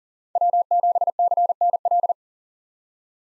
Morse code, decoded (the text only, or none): W7CNL